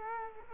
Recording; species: mosquito wingbeat signal from an infrared sensor; Culex quinquefasciatus